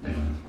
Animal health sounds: pig call; growing-finishing pig (85 days or more)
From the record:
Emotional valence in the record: negative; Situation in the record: barren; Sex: female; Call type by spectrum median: low-frequency call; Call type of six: low-frequency stable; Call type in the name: low-frequency stable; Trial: 1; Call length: 0.49 s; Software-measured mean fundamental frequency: 75 Hz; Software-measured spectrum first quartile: 77 Hz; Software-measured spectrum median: 165 Hz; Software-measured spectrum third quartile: 391 Hz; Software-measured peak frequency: 235 Hz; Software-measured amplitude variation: 109 dB a second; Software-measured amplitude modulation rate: 19.5 a second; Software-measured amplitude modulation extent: 5.6 dB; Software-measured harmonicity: -4.5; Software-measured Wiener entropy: -0.36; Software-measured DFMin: 962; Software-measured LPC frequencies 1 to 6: 1668, 2462, 3067, 4012, 4747, 7248 Hz

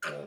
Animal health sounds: pig call; piglet (1 to 25 days)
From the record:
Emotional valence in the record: negative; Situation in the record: restrain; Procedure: in the arms of a person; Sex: male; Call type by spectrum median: low-frequency call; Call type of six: low-frequency stable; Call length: 0.28 s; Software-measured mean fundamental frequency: 66 Hz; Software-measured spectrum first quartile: 526 Hz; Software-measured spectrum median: 1224 Hz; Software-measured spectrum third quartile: 1871 Hz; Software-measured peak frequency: 523 Hz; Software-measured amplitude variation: 105 dB a second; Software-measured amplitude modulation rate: 30.6 a second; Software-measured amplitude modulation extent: 3.4 dB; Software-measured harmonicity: 2.2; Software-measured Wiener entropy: -1.52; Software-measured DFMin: 1139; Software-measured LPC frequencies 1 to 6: 553, 1425, 2569, 3020, 4046, 4633 Hz

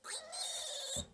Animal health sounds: pig call; piglet (1 to 25 days)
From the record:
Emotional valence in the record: negative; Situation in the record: restrain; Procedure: back test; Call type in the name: high-frequency call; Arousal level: maximum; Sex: male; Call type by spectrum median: high-frequency call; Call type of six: high-frequency stable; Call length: 1.13 s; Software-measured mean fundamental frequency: 209 Hz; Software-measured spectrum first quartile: 2935 Hz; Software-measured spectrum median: 5436 Hz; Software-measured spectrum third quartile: 8647 Hz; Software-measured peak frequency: 3680 Hz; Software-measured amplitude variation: 122 dB a second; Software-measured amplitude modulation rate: 20.3 a second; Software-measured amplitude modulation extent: 6.0 dB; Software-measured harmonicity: 3.3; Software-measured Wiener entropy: -2.06

